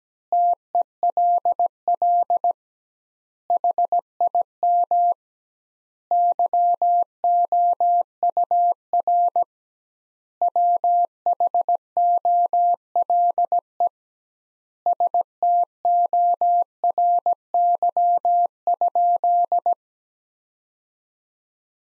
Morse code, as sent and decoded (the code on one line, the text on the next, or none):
- . .-.. .-.. / .... .. -- / -.-- --- ..- .-. / .-- .... --- .-.. . / ... - --- .-. -.-- ..--..
TELL HIM YOUR WHOLE STORY?